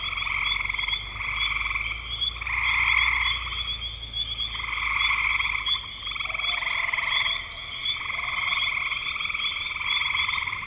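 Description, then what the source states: Chorus of frogs giving buzzy pulsed trills in waves lasting one to two seconds, a faint low hum underneath and a steady high whine above. Recorded in spring 2025.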